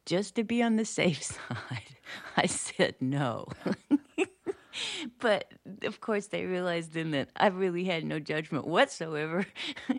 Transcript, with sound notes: So just to be on the safe side, I said no. (laughs) But, of course, they realized then that I really had no judgment whatsoever.